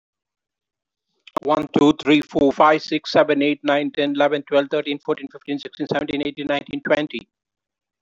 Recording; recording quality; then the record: counting at a fast pace; excellent, no background noise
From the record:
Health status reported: respiratory illness, not identified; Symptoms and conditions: breathing difficulty, hypertension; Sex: male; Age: 56 years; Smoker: yes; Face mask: not worn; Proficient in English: yes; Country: India